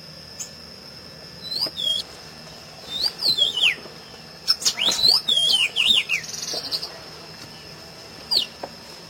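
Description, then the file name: Masked yellowthroat singing several short, rapid warbled phrases of looping whistles between pauses, with a constant high whine in the background. "Canto do pedro ceroulo"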